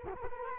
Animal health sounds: mosquito wingbeat signal from an infrared sensor; Culex quinquefasciatus

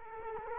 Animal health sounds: mosquito wingbeat signal from an infrared sensor; Culex quinquefasciatus

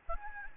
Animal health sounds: mosquito wingbeat signal from an infrared sensor; Aedes albopictus

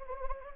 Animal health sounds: mosquito wingbeat signal from an infrared sensor; Anopheles gambiae

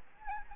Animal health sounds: mosquito wingbeat signal from an infrared sensor; Aedes albopictus

